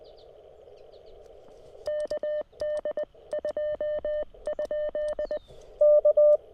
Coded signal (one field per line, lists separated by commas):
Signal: Morse code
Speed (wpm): 20 wpm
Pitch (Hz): 600 Hz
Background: none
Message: KD2? K